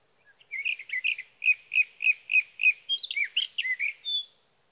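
Sage thrasher song opening with a series of similar rhythmic repeated notes, then breaking into quicker varied warbles and a final clear whistle.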